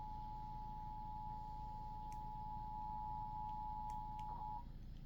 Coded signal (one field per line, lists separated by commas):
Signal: Emergency Alert System (SAME) tones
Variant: 853 and 960 Hz attention tone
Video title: eas flash flood warning Eas#113